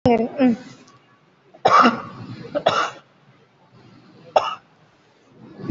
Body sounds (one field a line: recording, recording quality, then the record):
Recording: shallow voluntary cough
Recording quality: excellent, no background noise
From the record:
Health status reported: COVID-19 positive, moderate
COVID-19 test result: positive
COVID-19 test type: RT-PCR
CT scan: taken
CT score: 5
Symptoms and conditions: cough, cold, breathing difficulty, sore throat, fever, fatigue, diarrhoea, another respiratory illness, hypertension, diabetes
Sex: male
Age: 72 years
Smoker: no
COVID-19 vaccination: both doses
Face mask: worn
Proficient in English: yes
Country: India